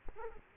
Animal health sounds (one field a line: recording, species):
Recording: mosquito wingbeat signal from an infrared sensor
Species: Aedes aegypti